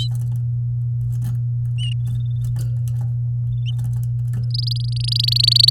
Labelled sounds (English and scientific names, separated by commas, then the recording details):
Domestic Canary (Serinus canaria) song
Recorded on 8 May 2018 at 13:00
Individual llb16